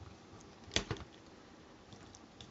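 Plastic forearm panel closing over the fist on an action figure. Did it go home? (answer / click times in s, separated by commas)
yes / 0.8 s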